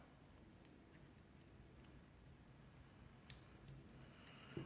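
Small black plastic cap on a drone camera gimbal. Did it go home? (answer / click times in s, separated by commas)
yes / 3.3 s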